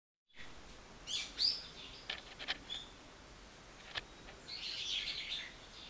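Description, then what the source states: Bird giving scattered high chirps mixed with sharp clicks, then a longer twittering phrase toward the end. Recorded 24 March 2023.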